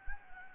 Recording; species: mosquito wingbeat signal from an infrared sensor; Anopheles gambiae